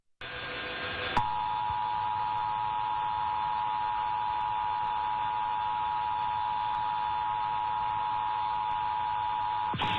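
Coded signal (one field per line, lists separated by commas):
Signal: Emergency Alert System (SAME) tones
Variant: 853 and 960 Hz attention tone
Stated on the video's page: Real Required Monthly Test for all of Texas, as carried on Austin-area TV stations.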